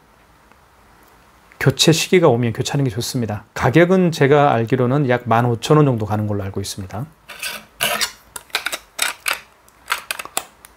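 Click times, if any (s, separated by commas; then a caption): 10.4 s. Someone talks for the first several seconds, then handling and rubbing noises follow. The plastic paper-roll cover on a KMC-C602Q wireless card payment terminal is pressed shut and latches with a sharp snap at 10.4 s, seating the cover.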